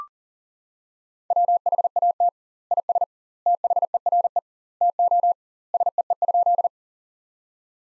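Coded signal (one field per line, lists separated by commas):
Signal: Morse code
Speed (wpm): 40 wpm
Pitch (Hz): 700 Hz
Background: none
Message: WHAT IS THERE TO SEE?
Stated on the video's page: Morse practice sentences from the top 100 words at 40 wpm with double word spacing, a Farnsworth-like method.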